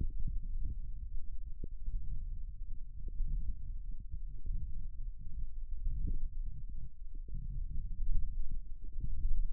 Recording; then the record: forearm muscle sounds (acoustic myography)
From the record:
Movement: index flexion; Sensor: system 1, eight BSWA MPA416 microphones around the upper forearm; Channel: 8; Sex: male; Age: 18 years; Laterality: right